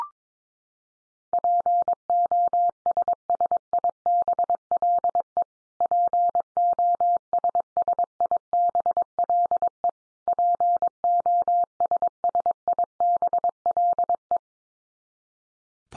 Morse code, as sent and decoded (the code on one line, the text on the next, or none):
.--. --- ... ... .. -... .-.. . / .--. --- ... ... .. -... .-.. . / .--. --- ... ... .. -... .-.. .
POSSIBLE POSSIBLE POSSIBLE